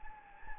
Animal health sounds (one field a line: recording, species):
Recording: mosquito wingbeat signal from an infrared sensor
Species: Anopheles gambiae